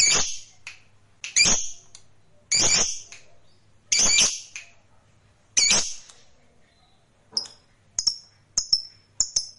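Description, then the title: Lovebird making harsh, loud squawks roughly every second or so, followed by a few quick, thin chips. "Suara Lovebird"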